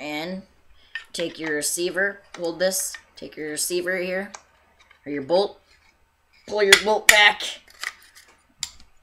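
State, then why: Seated. Someone talks while fieldstripping a Mossberg 702 .22 rifle, pulling the bolt back in the receiver and letting it go. The bolt snaps into place in the receiver with a sharp metal click at 8.6 s.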